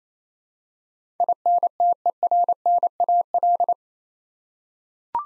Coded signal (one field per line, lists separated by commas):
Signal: Morse code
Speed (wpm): 27 wpm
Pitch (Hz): 700 Hz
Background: none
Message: INTERNAL